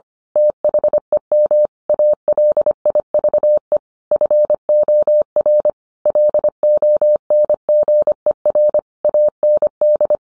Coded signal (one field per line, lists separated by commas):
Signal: Morse code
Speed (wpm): 25 wpm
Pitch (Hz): 600 Hz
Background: none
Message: THEM ALIVE FOR LONGER AND